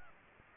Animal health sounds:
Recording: mosquito wingbeat signal from an infrared sensor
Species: Aedes aegypti

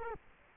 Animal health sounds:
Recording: mosquito wingbeat signal from an infrared sensor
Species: Culex quinquefasciatus

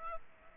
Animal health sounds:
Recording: mosquito wingbeat signal from an infrared sensor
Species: Culex pipiens

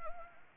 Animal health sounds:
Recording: mosquito wingbeat signal from an infrared sensor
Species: Anopheles arabiensis

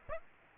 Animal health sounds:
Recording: mosquito wingbeat signal from an infrared sensor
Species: Aedes aegypti

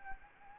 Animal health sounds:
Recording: mosquito wingbeat signal from an infrared sensor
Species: Anopheles arabiensis

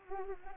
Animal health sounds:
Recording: mosquito wingbeat signal from an infrared sensor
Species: Anopheles arabiensis

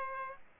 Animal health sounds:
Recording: mosquito wingbeat signal from an infrared sensor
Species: Aedes aegypti

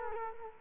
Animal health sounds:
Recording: mosquito wingbeat signal from an infrared sensor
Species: Culex quinquefasciatus

